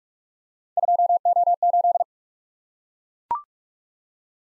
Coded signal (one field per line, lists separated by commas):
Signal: Morse code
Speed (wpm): 44 wpm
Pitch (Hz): 700 Hz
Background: none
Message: 2O8